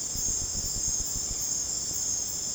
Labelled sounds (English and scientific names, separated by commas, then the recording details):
none
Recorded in secondary vegetation near Puerto Asís, Putumayo, Colombia, on 18 December 2024 at 22:00
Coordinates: 0.489, -76.322
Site G059